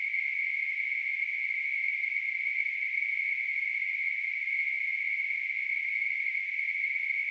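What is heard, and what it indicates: A steady, high-pitched hissing ring, a narrow band of noise centred near 2 kHz, holds at one constant loudness for about seven seconds, with no pulsing or breaks. It is a computer-generated simulation of tinnitus, the ringing or hissing a person hears without any outside sound source.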